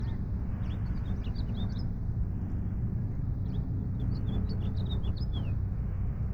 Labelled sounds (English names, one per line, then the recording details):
House Finch song
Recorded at Breezy Point on Long Island, New York, on 4 June 1975
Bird B